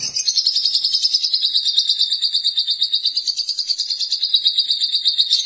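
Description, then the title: Lovebird chattering song, a long high buzzy trill of rapid pulses held steadily throughout. "Suara Burung Lovebird"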